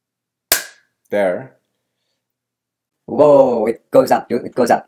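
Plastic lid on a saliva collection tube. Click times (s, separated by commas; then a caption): 0.5 s. A plastic funnel lid on a 23andMe saliva collection tube, filled to the line, is closed and pressed down, giving a sharp, loud snap at 0.5 s as it snaps shut and seats. Afterward someone talks.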